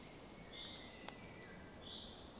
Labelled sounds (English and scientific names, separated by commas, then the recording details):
Common Blackbird (Turdus merula)
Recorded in Germany
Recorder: ecoPi